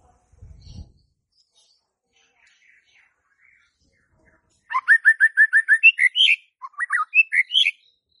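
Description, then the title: White-rumped shama song: after a brief low rumble and silence, a run of even rapid notes breaks into varied high whistled warbles. Used as a lure (pancingan) for a stressed shama that has stalled (macet) in its singing. "PANCINGAN Murai Batu STRES & MACET"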